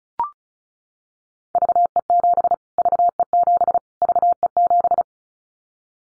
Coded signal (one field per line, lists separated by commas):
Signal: Morse code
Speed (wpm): 34 wpm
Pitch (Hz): 700 Hz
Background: none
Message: VE7 VE7 VE7